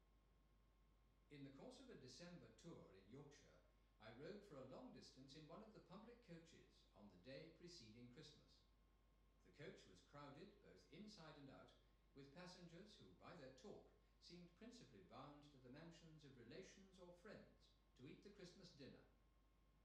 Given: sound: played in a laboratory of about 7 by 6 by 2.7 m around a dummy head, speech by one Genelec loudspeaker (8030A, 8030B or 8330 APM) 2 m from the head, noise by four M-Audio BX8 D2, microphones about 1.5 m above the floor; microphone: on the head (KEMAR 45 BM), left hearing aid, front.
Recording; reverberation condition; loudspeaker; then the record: male speech in English; medium; 30 degrees to the right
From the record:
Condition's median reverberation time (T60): about 510 ms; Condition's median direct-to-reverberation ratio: about -0.5 dB